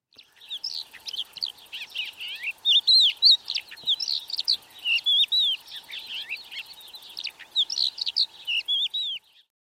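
Crested Lark song: a lively, varied stream of clear whistles, slurred rising and falling notes and twitters in quick phrases, over a faint steady hum.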